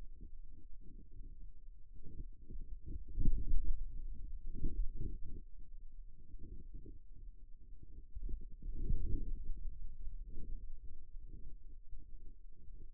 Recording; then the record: forearm muscle sounds (acoustic myography)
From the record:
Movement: finger pinch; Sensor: system 2, bracelet of six BSWA MPA416 microphones around the upper forearm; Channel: 5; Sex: male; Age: 22 years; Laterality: right